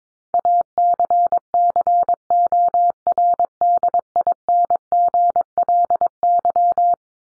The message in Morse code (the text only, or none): ACCORDINGLY